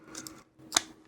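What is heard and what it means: A SONOFF Wi-Fi smart switch module is fitted into a plastic IP65 waterproof outdoor enclosure in the position shown. Faint ticks and rattles at about 0.2 and 0.3 s are followed by a sharp, loud click at 0.8 s. The module seats and clicks into the box.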